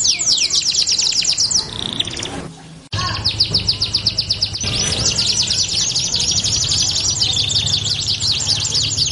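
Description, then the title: Belgian canary song: fast high trills of repeated chirping notes, a brief break early on, then an unbroken rolling trill continuing to the end. Song played to warm up canaries and prompt them to sing; said to make canaries join in within seconds. "Canto Para Esquentar Canário Belga. LANGSUNG NYAUT. Pancingan suara kenari hitungan detik langsung ikut bunyi"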